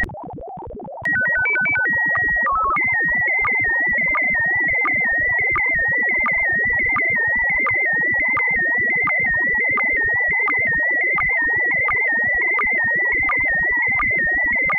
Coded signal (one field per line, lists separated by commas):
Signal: SSTV (slow-scan television)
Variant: PD 90